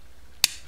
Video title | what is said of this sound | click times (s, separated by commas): Lews BB1 speed spool Review | hear that click and then you know it's back on | 0.4 s